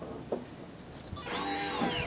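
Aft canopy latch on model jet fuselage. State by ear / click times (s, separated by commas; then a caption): seated / 0.3 s. On a Skymaster 1/6.25 F-18F model jet being converted to Actuonix linear actuators, the aft canopy section is moved into its closed position and its latch locks with a single sharp click at 0.3 s. A steady, louder whirring hum with shifting tones follows from about 1.3 s to the end. The canopy latch is confirmed seated and locked in place.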